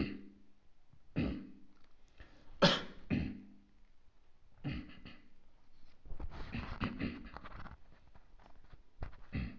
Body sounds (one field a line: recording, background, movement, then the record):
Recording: throat clearing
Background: quiet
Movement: sitting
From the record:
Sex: male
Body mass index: 23.7 kg/m2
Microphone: on the chest, facing outward